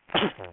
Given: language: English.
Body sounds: throat vibration sensor signal played as sound; cough

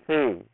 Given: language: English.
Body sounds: throat vibration sensor signal played as sound; speech

